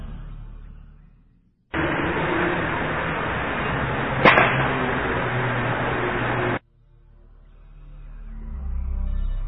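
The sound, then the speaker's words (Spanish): A single sharp musket shot, captured in an EVP (psychophony) recording at the old town of Belchite in the Zaragoza region, a battle site, cracks out in the middle of a steady band of loud hissing static, which starts and stops abruptly around it, with low rumbling before and after. “Una de las psicofonías más características que obtuve allí fue un disparo de un mosquetón, un disparo que desde luego en la realidad no se escuchó.”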